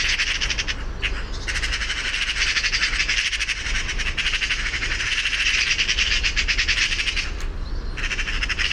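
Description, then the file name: Eurasian magpie giving harsh, rattling chatter in long bursts almost throughout, with brief pauses near one and seven seconds, over steady low rumble. "Pica pica"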